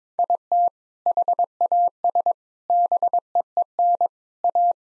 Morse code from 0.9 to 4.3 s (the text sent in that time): HAS BEEN